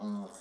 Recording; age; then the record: pig call; piglet (1 to 25 days)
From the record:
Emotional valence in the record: negative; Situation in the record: short isolation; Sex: female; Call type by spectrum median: low-frequency call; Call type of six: low-frequency tonal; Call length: 0.42 s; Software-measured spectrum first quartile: 207 Hz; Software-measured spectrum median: 355 Hz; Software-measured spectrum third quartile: 1504 Hz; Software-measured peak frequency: 206 Hz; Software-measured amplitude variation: 71 dB a second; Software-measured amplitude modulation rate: 10.8 a second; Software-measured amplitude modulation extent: 6.6 dB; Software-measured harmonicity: 9.7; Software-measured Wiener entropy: -1.38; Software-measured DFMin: 1165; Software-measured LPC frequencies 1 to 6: 1007, 3460, 4106, 4945, 5692, 6506 Hz